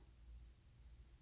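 The hinged plastic cap on the mouthpiece of a Respimat soft-mist inhaler is being flipped open toward its open position. Only a low, steady rumble and faint handling noise are heard, with no distinct click. Nothing has seated or clicked yet.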